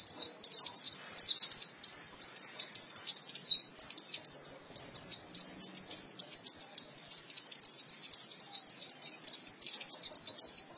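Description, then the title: White-eye song: rapid high-pitched twittering phrases in quick bursts, continuous throughout with no other clear sounds. "Kicauan Burung Pleci"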